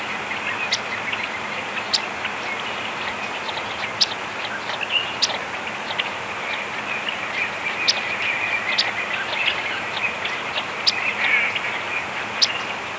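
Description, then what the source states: Yellow-rumped warbler repeating short, high chips at irregular intervals throughout, over a constant hiss. Audubon's form.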